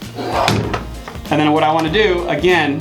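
A plastic turbine assembly is lined up and pushed down into the housing of a Zodiac MX8/MX6 suction pool cleaner body. A sharp knock at 0.5 s marks it seating fully, while someone talks.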